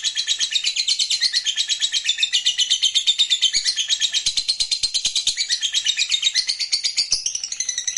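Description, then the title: Lovebird chattering song, a dense, rapid run of high, buzzy notes that pours on without pause for the whole stretch, with a faint ticking underneath. Recording meant to prompt a lovebird that is lazy to sing into singing at once. "LOVEBIRD Malas Bunyi JADI GREGET SPONTAN Langsung NARIK"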